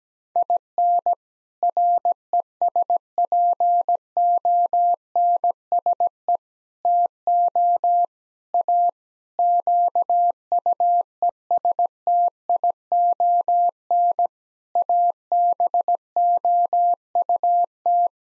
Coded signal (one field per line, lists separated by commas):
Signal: Morse code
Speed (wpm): 17 wpm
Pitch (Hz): 700 Hz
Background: none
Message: IN RESPONSE TO A QUESTION ABOUT